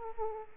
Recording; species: mosquito wingbeat signal from an infrared sensor; Aedes aegypti